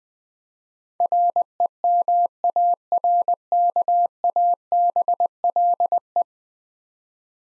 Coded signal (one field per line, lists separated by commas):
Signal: Morse code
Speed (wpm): 20 wpm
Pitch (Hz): 700 Hz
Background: none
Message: REMARKABLE